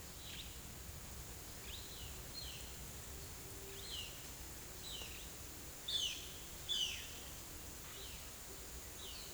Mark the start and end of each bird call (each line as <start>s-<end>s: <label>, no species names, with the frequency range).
0.26s-0.49s: bird call (1.7-4.7 kHz)
1.64s-2.59s: bird call (1.9-4.8 kHz)
3.72s-4.14s: bird call (1.9-4.8 kHz)
4.76s-5.16s: bird call (2.1-4.8 kHz)
5.83s-6.15s: bird call (2.1-4.9 kHz)
6.62s-7.09s: bird call (1.6-4.5 kHz)
7.89s-8.31s: bird call (1.5-4.9 kHz)
8.93s-9.27s: bird call (2.4-5.2 kHz)